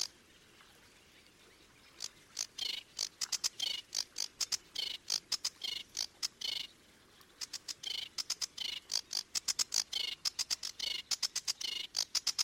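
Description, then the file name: Sedge warbler song made of bursts of rapid, dry ticking and grating notes, broken by brief pauses and resuming again and again. "Phragmite des joncs"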